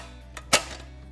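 The inner section of a multi-position ladder is pulled out hand over hand from the ladder rail until fully extended. Its lock snaps into place with two sharp clicks at 0.4 s and 0.5 s, the second louder, and the lock engages.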